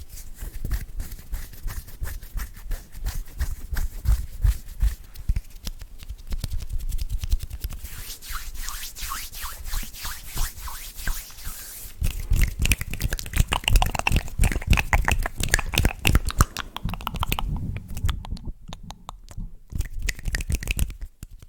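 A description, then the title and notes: Hand sounds: a dense, irregular run of soft taps, pats and rubbing clicks with hardly a pause. The activity grows busier and brighter after about twelve seconds, then thins into sparser, crisper snaps near the end. ASMR Hand Sounds.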